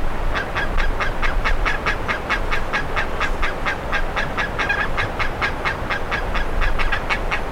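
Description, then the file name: Bird calling with a long, fast sequence of harsh, clipped notes, steady throughout over background noise. "SABIOD 50 bird 2015"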